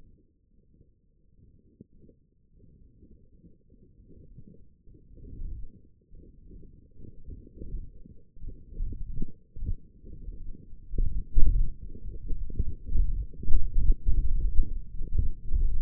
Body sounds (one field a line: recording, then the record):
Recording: forearm muscle sounds (acoustic myography)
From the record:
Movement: hand closing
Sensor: system 1, eight BSWA MPA416 microphones around the upper forearm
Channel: 5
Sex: male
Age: 21 years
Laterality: right